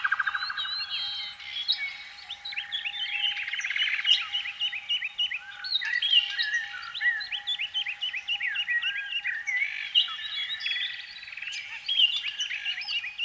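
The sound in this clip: Canary pouring out a steady, energetic song of quick chirps, whistled slurs and short trills, barely pausing throughout.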